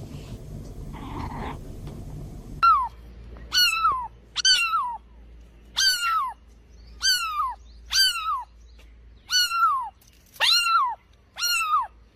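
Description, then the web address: Myna calls: a burst of rough noise, then several harsh, sharply descending nasal notes with strong overtones in an irregular series. "animal-sound myna-sound"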